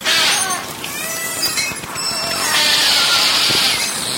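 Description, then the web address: Beluga whale sounds: a dense mix of quick chirps, short rising squeals and clicks, with a sustained high hissing buzz near the end. "valaat beluga"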